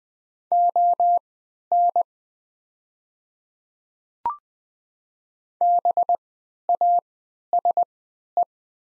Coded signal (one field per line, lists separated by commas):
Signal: Morse code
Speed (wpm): 20 wpm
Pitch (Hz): 700 Hz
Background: none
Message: ON BASE